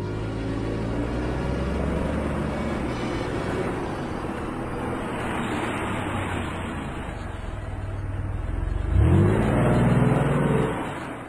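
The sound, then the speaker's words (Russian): A car engine hums steadily as the vehicle rolls slowly over an uneven mountain road, with a continuous low rumble and rattling, then revs louder near the end before settling again. “Автомобиль медленно ехал по неровной горной дороге.”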